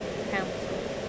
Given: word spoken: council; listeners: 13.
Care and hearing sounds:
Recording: one English word in noise, from a listening test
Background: speech-shaped noise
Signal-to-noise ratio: -4.1 dB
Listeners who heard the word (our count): 2 of 13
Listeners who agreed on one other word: 6 of 13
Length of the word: 0.69 s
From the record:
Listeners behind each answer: 6, 2, 2, 1, 1, 1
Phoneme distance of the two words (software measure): 17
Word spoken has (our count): 2 syllables, 5 phonemes, stress on syllable 1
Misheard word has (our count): 1 syllable, 4 phonemes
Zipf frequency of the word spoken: 5.14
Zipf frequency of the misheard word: 4.71

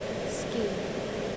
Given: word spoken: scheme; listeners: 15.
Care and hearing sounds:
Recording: one English word in noise, from a listening test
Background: speech-shaped noise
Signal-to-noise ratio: -5.1 dB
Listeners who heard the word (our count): 2 of 15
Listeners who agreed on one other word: 10 of 15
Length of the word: 0.97 s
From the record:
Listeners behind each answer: 10, 2, 1, 1, 1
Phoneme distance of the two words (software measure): 7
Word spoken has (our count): 1 syllable, 4 phonemes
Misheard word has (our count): 1 syllable, 3 phonemes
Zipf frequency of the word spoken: 4.69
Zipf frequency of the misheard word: 3.88

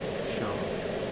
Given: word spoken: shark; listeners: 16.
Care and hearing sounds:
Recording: one English word in noise, from a listening test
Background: speech-shaped noise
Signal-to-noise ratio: -6.1 dB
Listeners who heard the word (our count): 0 of 16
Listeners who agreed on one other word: 9 of 16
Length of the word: 0.72 s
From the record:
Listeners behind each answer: 9, 4, 1, 1, 1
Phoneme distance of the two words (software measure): 10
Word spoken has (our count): 1 syllable, 3 phonemes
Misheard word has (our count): 1 syllable, 3 phonemes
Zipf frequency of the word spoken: 4.17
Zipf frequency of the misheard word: 4.55

